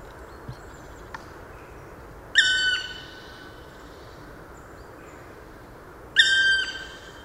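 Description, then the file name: Black woodpecker giving two long, drawn-out ringing calls about four seconds apart. Near silence between them. Recorded on 6 December 2014 in a park garden in Landshut. "Schwarzspecht 06 12 2014 Hofgarten Landshut LA Susanne Rieck"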